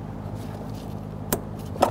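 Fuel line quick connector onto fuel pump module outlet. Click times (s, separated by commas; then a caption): 1.3 s, 1.8 s. A plastic quick-connect fitting on the fuel line of a 2008-2013 Infiniti G73x is lined up with the locking tabs of the fuel pump module outlet and slid over it. Over a steady low hum, two sharp snaps are heard at 1.3 s and 1.8 s. The connector snaps home and is locked in place.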